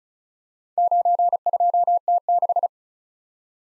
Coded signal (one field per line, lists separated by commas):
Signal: Morse code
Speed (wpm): 36 wpm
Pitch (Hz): 700 Hz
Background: none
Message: 92T6